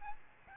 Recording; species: mosquito wingbeat signal from an infrared sensor; Aedes albopictus